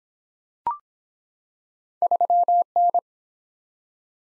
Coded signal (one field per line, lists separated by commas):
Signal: Morse code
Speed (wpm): 23 wpm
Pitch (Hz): 700 Hz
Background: none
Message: 3N